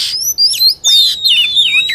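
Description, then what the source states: Lovebird calls: shrill, quick chirps and thin whistled notes sliding up and down, crowding one after another with brief gaps. Lure sound used to attract birds.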